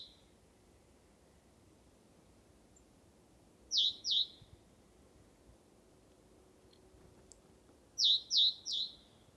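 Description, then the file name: Great tit calls: clear V-shaped high notes in pairs and a triplet, separated by quiet pauses. "Parus major"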